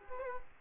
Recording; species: mosquito wingbeat signal from an infrared sensor; Culex quinquefasciatus